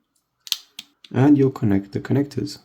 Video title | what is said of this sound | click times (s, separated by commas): Samsung Galaxy Watch 3 Battery Replacement - Detailed Repair Tutorial | It's got a couple of clamps until it clicks in. | 0.5 s, 0.8 s